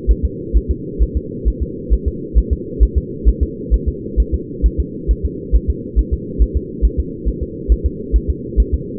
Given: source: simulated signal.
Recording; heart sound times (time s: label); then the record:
fetal heart sounds
0.11 s: S1
0.25 s: S2
0.57 s: S1
0.71 s: S2
1.03 s: S1
1.17 s: S2
1.48 s: S1
1.63 s: S2
1.94 s: S1
2.08 s: S2
2.38 s: S1
2.53 s: S2
2.83 s: S1
2.98 s: S2
3.28 s: S1
3.43 s: S2
3.74 s: S1
3.88 s: S2
4.20 s: S1
4.34 s: S2
4.66 s: S1
4.80 s: S2
5.11 s: S1
5.25 s: S2
5.55 s: S1
5.70 s: S2
5.99 s: S1
6.13 s: S2
6.42 s: S1
6.57 s: S2
6.85 s: S1
7.00 s: S2
7.28 s: S1
7.43 s: S2
7.72 s: S1
7.86 s: S2
8.16 s: S1
8.30 s: S2
8.60 s: S1
8.74 s: S2
From the record:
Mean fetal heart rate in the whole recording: 135 bpm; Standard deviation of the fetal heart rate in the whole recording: 3 bpm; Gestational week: 34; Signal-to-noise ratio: -4.1 dB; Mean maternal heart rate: no maternal heart sound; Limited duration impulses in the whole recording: absent